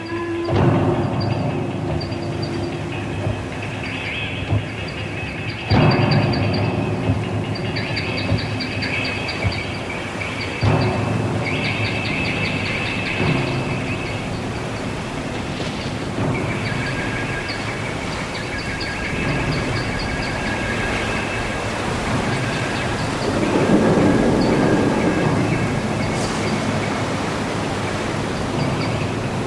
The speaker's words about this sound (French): Plus personne ne met le nez dehors avec la tempête.